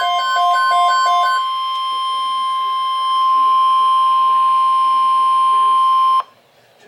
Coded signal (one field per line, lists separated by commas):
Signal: Emergency Alert System (SAME) tones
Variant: 1050 Hz attention tone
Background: speech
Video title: Severe Thunderstorm Watch #425 - EAS #168